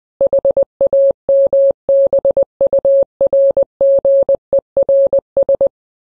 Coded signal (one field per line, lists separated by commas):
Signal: Morse code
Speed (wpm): 20 wpm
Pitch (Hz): 550 Hz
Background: none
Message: HAMBURGERS